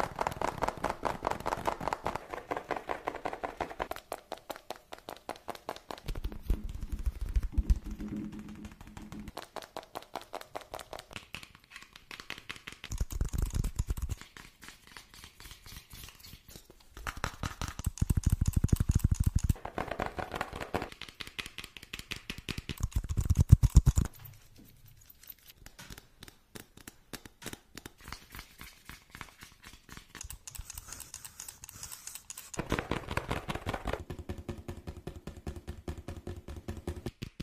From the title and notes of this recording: Fast Tapping Deluxe Edition [Binaural Eargasm].